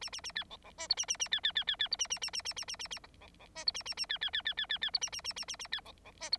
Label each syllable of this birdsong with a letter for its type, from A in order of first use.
A A A B C C D E A A A B B B B B E A A A A A A A A A C C D E A A A B B B B B B B E A A A A A A B C C D E